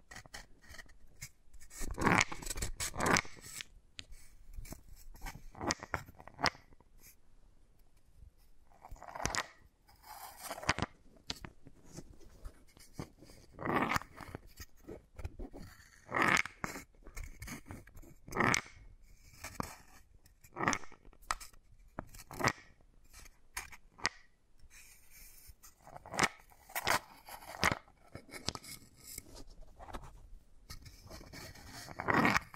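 Wooden balls are handled and knocked together in a string of sharp clicks, taps and short scraping rubs. The sounds come in uneven bursts every second or so, with brief quiet gaps, and stay bright and crisp throughout the half minute.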